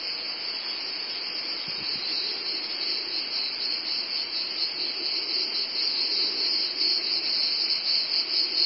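Cicadas giving a continuous high buzz that grows slightly louder toward the end.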